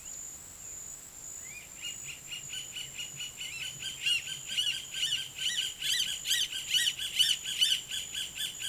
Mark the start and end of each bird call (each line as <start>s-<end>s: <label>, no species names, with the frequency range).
1.35s-8.69s: bird call (0.8-6.2 kHz)